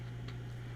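A magnetically held toy kyber crystal is pulled off a toy lightsaber hilt and pops right off, giving one short tick at 0.3 s. A steady low hum runs underneath the whole clip.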